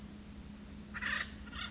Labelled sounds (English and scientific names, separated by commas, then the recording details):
Acorn Woodpecker (Melanerpes formicivorus)
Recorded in Sonoma County, California